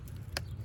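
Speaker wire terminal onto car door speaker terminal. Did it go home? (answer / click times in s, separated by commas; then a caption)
yes / 0.4 s. A speaker wire spade terminal is pushed onto the speaker adapter harness terminal of a car door speaker during an aftermarket door speaker install (Kicker 46CSC54) in a 2006+ Mitsubishi Eclipse. Two faint ticks at 0.1 s and 0.2 s come before one sharp, bright click at 0.4 s over a low, steady rumble. The terminal is seated.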